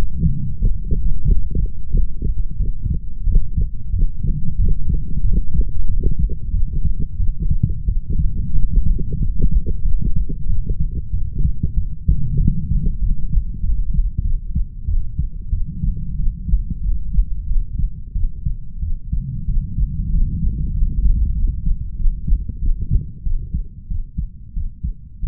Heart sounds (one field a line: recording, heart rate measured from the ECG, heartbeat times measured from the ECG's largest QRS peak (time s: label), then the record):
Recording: heart sounds by stethoscope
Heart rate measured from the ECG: 93 bpm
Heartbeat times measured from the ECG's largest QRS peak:
0.60 s: heartbeat
1.26 s: heartbeat
1.92 s: heartbeat
2.58 s: heartbeat
3.25 s: heartbeat
3.91 s: heartbeat
4.57 s: heartbeat
5.22 s: heartbeat
5.86 s: heartbeat
6.51 s: heartbeat
7.18 s: heartbeat
7.86 s: heartbeat
8.53 s: heartbeat
9.19 s: heartbeat
9.83 s: heartbeat
10.47 s: heartbeat
11.11 s: heartbeat
11.75 s: heartbeat
12.38 s: heartbeat
13.00 s: heartbeat
13.61 s: heartbeat
14.23 s: heartbeat
14.86 s: heartbeat
15.51 s: heartbeat
16.16 s: heartbeat
16.82 s: heartbeat
17.46 s: heartbeat
18.13 s: heartbeat
18.80 s: heartbeat
19.46 s: heartbeat
20.11 s: heartbeat
20.74 s: heartbeat
21.35 s: heartbeat
21.96 s: heartbeat
22.59 s: heartbeat
23.23 s: heartbeat
23.88 s: heartbeat
24.54 s: heartbeat
25.20 s: heartbeat
From the record:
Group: healthy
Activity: light exercise 0-15 s, rest 15-25 s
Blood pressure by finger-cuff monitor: 118/57 mmHg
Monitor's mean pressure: 73 mmHg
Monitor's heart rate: 92 bpm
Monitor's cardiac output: 7.9 L/min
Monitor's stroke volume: 86 mL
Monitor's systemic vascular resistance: 670 dyn s/cm5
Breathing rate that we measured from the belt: 16 breaths a minute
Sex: female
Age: 32 years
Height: 168 cm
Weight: 61.9 kg